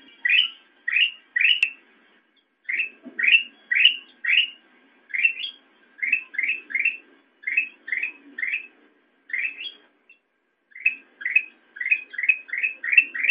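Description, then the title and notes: Sooty-headed bulbul calling with quick chirpy notes in short runs, repeated steadily with brief pauses. Recording meant for training songbirds, a practice called masteran. "suara burung kutilang buat masteran"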